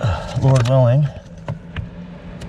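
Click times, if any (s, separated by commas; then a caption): 1.5 s, 1.8 s. Someone talks while lining up the top of the small plastic cabin air filter access door at its slot in the interior housing of a Lamborghini Gallardo, then pressing its bottom edge in. Sharp snaps are heard at 1.5 s and 1.8 s as the cover seats in place.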